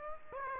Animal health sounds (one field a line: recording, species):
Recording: mosquito wingbeat signal from an infrared sensor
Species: Aedes aegypti